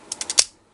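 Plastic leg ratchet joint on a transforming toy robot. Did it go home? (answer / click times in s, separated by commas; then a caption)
yes / 0.4 s. A plastic leg ratchet joint on a transforming toy robot is straightened and pushed all the way back. It makes a series of sharp ratcheting clicks at 0.1, 0.2 and 0.3 seconds, then the loudest click at 0.4 seconds as it seats fully back. A faint tick follows at 0.8 seconds.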